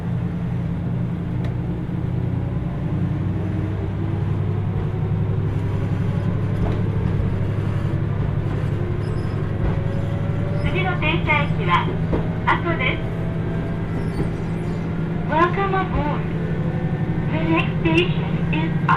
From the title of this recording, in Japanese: 豊肥本線 九州横断特急3号 立野→宮地